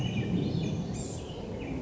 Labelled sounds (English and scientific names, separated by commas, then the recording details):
Blue-gray Gnatcatcher (Polioptila caerulea)
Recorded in Sonoma County, California